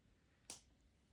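A plastic building brick is pressed onto a brick model and clips on smoothly with one sharp snap at 0.5 s, unlike the stiff, poorly clipping pieces before it. The brick seats on the model. Apart from the snap, only faint background noise is heard.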